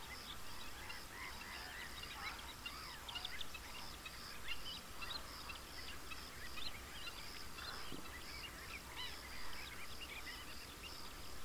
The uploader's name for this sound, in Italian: Lo Stagno – Cabras